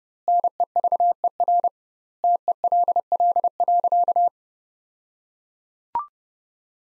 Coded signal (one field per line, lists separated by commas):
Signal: Morse code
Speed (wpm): 32 wpm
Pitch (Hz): 700 Hz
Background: none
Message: NEVER TELL.